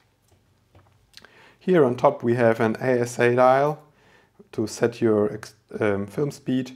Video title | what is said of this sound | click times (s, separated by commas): How to use your Nikon F2 Tutorial – a fully mechanical F3 alternative! | and to attach it, just align it and press down firmly until it locks in place. | 1.2 s